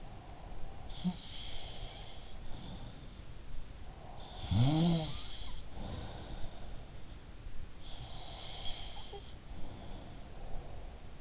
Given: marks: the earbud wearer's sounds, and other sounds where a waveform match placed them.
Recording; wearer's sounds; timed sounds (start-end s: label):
sounds in sleep by an in-ear microphone; breath
0.00-2.60 s: breath
0.86-3.25 s: sound from someone else or the room
4.32-6.92 s: sound from someone else or the room
7.96-11.21 s: sound from someone else or the room
10.00-11.21 s: breath